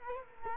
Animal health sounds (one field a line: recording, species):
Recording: mosquito wingbeat signal from an infrared sensor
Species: Culex quinquefasciatus